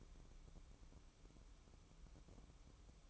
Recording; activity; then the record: daily activity, microphone in the room; take from stove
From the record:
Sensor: 1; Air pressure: 1008.1 hPa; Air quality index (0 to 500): 135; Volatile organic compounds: 2 ppm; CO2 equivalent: 1135 ppm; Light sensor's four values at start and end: 8/18/7/8 and 8/18/7/8